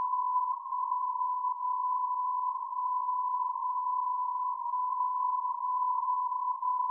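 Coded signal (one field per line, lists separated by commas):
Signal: radio time signal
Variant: DCF77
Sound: continuous steady 1 kHz tone with faint brief dips about once a second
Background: radio static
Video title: DCF77 77.5kHz from D, 10 Jan 2022 04:39-04:45utc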